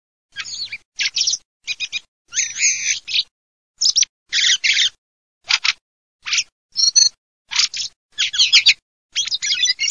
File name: CESENAGREATT